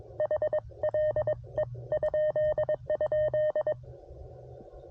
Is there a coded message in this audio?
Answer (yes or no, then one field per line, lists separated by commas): yes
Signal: Morse code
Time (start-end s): 0.2-3.7 s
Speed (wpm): 21 wpm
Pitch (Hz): 610 Hz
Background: none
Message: HLE??